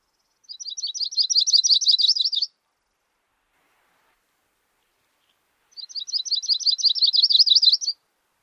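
Bird giving a rapid, high, buzzy trill lasting about two seconds, repeated once after a three-second pause, with silence between.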